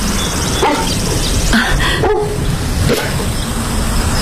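animal, dog barking

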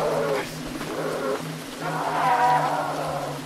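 animal, goat bleating

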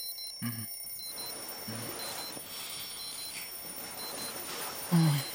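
household object, alarm clock ringing loudly

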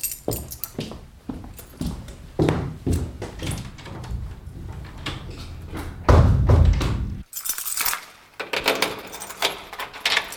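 household object, keys jangling

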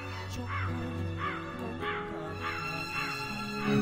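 bird, crow cawing

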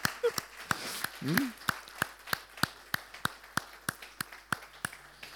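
crowd, applause

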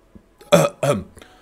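human body sound, several dry coughs

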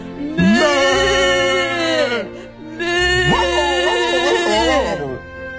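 animal, sheep bleating

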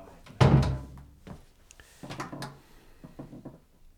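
household object, door being closed

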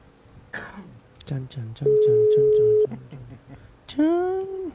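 signal or alarm, telephone ringback tone

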